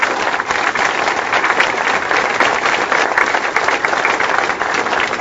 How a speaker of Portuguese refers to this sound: Transfiro todas essas palmas para o meu Jesus. Ele merece todas elas.